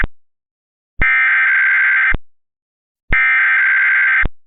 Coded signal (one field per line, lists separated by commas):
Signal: Emergency Alert System (SAME) tones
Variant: header bursts